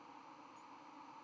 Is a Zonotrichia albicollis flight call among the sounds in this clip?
no